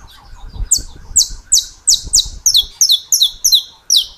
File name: Canto-do-Canário-da-Terra